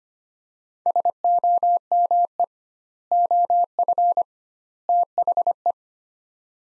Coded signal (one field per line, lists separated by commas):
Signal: Morse code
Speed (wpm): 25 wpm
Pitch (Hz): 700 Hz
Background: none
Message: SOME OF THE